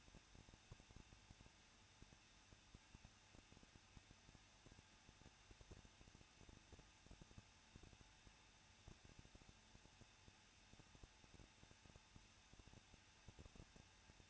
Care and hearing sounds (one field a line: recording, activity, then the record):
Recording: daily activity, microphone in the room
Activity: no activity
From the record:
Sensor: 2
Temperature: 21.0 degrees Celsius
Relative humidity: 37.6%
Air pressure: 1006.3 hPa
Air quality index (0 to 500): 224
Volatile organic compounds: 25 ppm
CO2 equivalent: 2848 ppm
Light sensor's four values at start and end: 2/3/2/2 and 2/3/2/2